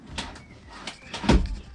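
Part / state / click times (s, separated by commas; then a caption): push-to-open latch on a fridge drawer in a base cabinet / seated / 1.3 s. A fridge drawer in a plywood van kitchen base cabinet is pushed back in, with lighter knocks and sliding rumble along the way. Its push-to-open latch engages with the loudest, low thud at 1.3 s, and the drawer locks shut in place.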